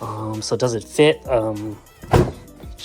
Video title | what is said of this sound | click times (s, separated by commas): Pelican Getaway 110 hdi with hobie mirage drive 180 (budget hobie lynx) #kayakfishing | pretty much locks in place. | 2.1 s